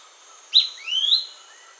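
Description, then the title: Fuscous flycatcher song: a sharp high note, then a thin whistle that slurs upward, heard once over a faint steady hiss. Subspecies duidae. "LuckyPassaro Completos2Sama. Fuscous Flycatcher (Cnemotriccus fuscatus duidae)"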